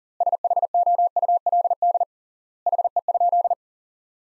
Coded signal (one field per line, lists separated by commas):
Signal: Morse code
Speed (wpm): 40 wpm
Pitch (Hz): 700 Hz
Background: none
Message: SHOULD HE?